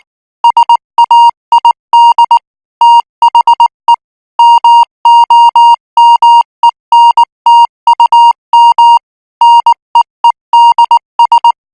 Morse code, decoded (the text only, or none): SAID THE MOMENTUM NEEDS